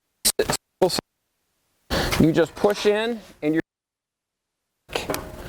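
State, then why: Not seated. A plastic drainage tile for artificial turf is pushed with light pressure into the neighbouring drain tile, whose prongs lock it in place, while someone talks. Brief handling noises come at the start, with short bursts near 5.0 s and 5.1 s at the end. Nothing has seated or clicked yet when the clip ends.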